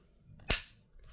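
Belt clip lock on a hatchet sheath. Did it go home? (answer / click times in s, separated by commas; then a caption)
yes / 0.5 s. The belt-clip lock on the plastic sheath of an HX Outdoors Mini Survival Hatchet is worked until the bottom of the lock snaps back into itself with a single sharp snap at 0.5 s, and the lock is seated shut. Because it closes back into itself, it would catch fabric and is poorly suited to hooking onto a waistband.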